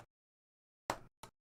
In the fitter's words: okay a nice click on that one it's very nearly off camera all of this